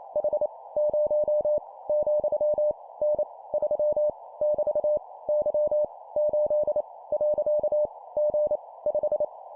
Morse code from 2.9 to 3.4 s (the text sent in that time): N